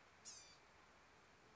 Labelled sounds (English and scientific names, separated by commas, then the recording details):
Blue-gray Gnatcatcher (Polioptila caerulea)
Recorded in Sonoma County, California